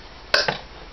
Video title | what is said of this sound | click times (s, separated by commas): Arrow Fletching | Blitzenberger, you just heard the snap there, that's the magnets. | 0.3 s